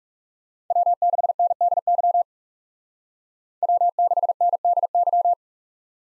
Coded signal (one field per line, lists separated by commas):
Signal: Morse code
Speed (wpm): 35 wpm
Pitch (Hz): 700 Hz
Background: none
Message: W6NDY W6NDY